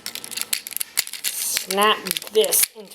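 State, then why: Seated. While transforming a large plastic Dark of the Moon Ultimate Optimus Prime action figure, a section is swung down and pressed so the pegs underneath snap into their matching holes on the figure's body. A run of sharp plastic clicks is heard, with the section seating at 0.5 s. Someone talks throughout.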